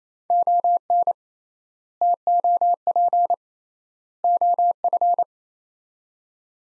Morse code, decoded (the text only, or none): ON TOP OF